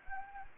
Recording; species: mosquito wingbeat signal from an infrared sensor; Anopheles gambiae